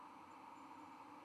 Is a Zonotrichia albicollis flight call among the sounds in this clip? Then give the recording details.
no. No flight call is heard. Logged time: 01:46 on 31 October 2014